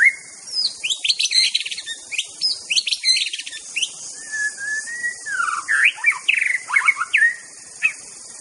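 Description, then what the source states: White-rumped shama delivering loud, varied song: fast clusters of sharp notes, smooth sustained whistles and tumbling rich phrases, with insects buzzing steadily high in the background. Wild bird in forest; original natural song.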